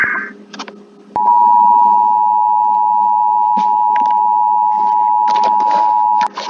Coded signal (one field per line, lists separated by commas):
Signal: Emergency Alert System (SAME) tones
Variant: 853 and 960 Hz attention tone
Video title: EAS Scenario #2